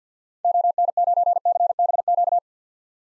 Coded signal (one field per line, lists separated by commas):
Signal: Morse code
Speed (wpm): 50 wpm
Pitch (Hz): 700 Hz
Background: none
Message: ON9CBQ